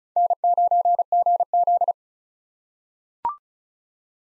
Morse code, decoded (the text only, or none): N9GZ